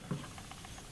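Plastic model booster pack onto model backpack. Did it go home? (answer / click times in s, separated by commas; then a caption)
no / none. A plastic model booster pack is being handled and slid onto a model backpack, with soft plastic rubbing and light pattering sounds, the strongest at about 0.1 s. Nothing has seated or clicked yet.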